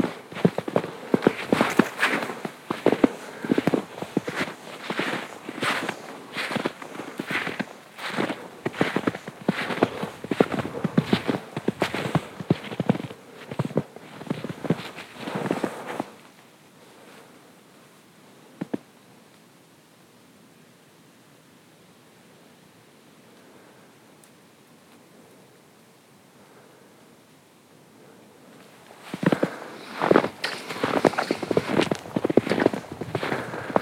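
Footsteps crunch through fresh snow at a steady walking pace, each step a crisp, bright burst. The walking stops around sixteen seconds, leaving near silence broken by a single soft knock, then the crunching steps resume near the twenty-nine second mark.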